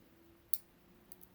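A metal internal part is pressed into the handle of a Microtech Combat Troodon knife and snaps into place with a sharp click at 0.5 s, seating it. Two fainter ticks follow at about 1.1 s and 1.2 s over a low steady hum.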